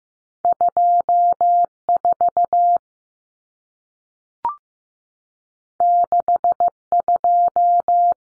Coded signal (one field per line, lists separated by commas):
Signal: Morse code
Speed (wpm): 15 wpm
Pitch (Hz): 700 Hz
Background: none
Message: 24 62